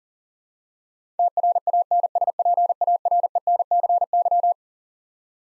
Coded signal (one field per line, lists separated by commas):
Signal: Morse code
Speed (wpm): 40 wpm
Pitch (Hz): 700 Hz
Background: none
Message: TRANSPARENCY